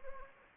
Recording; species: mosquito wingbeat signal from an infrared sensor; Anopheles gambiae